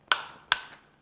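A torque-limiting tool tightens a Yakima JetStream roof rack tower fastener on a 2015-2022 GMC Canyon Crew or Extended Cab, with the tower's pad and clip set seated in the door frame. Two sharp, bright clicks sound at 0.1 s and 0.5 s, each ringing briefly before fading into quiet. The clicks confirm the fastener is fully and correctly tightened.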